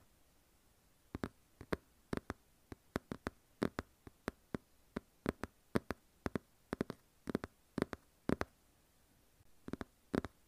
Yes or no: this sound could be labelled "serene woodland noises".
no